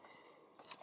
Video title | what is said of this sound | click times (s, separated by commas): Legendary Toys LT02 (KO MPM Optimus Prime): EmGo's Transformers Reviews N' Stuff | makes it so this well I create a lock into place now which is nice and | 0.7 s